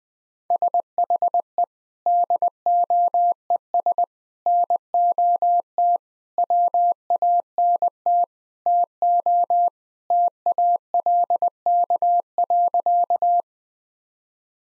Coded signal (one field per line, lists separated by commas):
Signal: Morse code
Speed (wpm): 21 wpm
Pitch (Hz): 700 Hz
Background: none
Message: SHE DOES NOT WANT TO TALK.